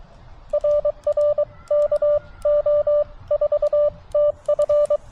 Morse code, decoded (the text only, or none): RR KO4TF